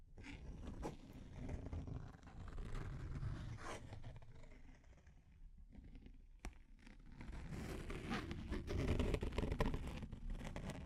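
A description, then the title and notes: Deep scratching with a heavy, low rumble and rough scraping texture runs through most of the 11 seconds. It thins and quiets around the middle, with a few sharp clicks near 6 seconds, then grows denser and louder toward the end. Deep Scratching. (No Talking).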